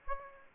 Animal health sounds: mosquito wingbeat signal from an infrared sensor; Aedes aegypti

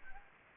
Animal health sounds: mosquito wingbeat signal from an infrared sensor; Anopheles gambiae

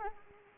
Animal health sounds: mosquito wingbeat signal from an infrared sensor; Anopheles arabiensis

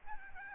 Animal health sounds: mosquito wingbeat signal from an infrared sensor; Aedes albopictus

